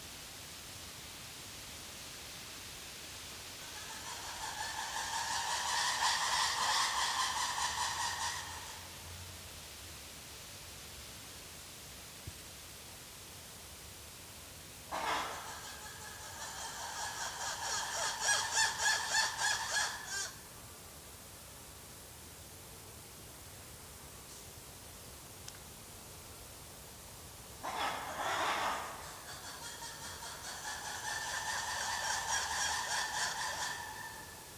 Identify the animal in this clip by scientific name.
Varecia variegata